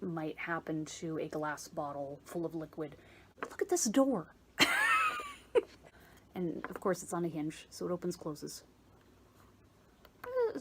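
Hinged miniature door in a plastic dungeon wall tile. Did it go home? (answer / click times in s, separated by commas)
yes / 10.2 s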